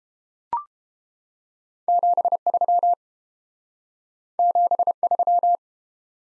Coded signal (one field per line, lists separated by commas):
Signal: Morse code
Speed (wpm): 30 wpm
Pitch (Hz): 700 Hz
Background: none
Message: 73 73